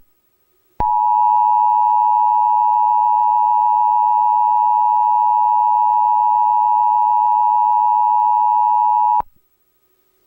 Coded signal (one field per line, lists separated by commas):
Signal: Emergency Alert System (SAME) tones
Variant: 853 and 960 Hz attention tone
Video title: (EAS) Emergency Alert for Virginia Beach and Norfolk, Virginia, USA